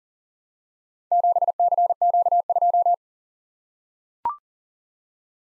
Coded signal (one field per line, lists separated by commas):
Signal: Morse code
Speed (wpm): 39 wpm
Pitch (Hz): 700 Hz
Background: none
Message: 7CQ2